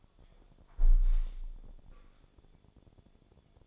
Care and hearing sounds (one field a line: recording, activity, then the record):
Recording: daily activity, microphone in the room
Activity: close window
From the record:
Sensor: 5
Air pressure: 1015.0 hPa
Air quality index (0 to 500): 99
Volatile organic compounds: 2 ppm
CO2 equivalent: 1064 ppm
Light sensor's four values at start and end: 35/80/32/31 and 35/80/32/31